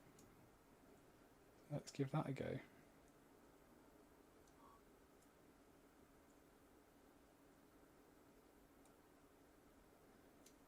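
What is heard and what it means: A small Bachmann Next18 DCC digital decoder board (36-567) is being handled for installation into the plastic Next18 decoder socket in the chassis of a Bachmann Webb Coal Tank (35-051) model locomotive. Someone talks briefly around 1.7 to 2.6 seconds, followed by a quiet low background with a faint tick near the end. Nothing has seated or clicked yet.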